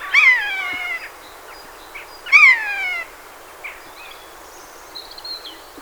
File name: Garrulus glandarius